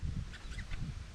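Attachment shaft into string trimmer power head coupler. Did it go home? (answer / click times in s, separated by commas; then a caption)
no / none. Someone pushes the attachment shaft of an M18 cordless string trimmer toward its power head coupler during assembly, with low rumbling handling noise and faint higher scraping throughout. Nothing has seated or clicked yet.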